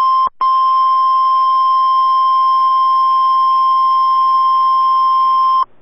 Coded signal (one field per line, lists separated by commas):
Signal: Emergency Alert System (SAME) tones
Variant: 1050 Hz attention tone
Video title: EAS Required Weekly Test On WXK85 1/13/21 (EAS #312)